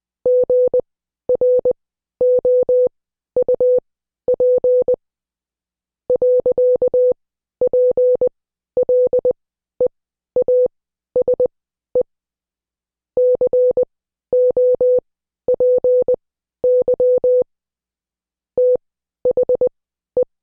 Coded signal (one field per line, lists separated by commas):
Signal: Morse code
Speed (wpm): 20 wpm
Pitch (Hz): 500 Hz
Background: none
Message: GROUP .PLEASE COPY THE